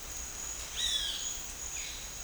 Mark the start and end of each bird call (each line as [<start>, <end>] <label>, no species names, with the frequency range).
[0.77, 1.19] bird call (1.2-7.3 kHz)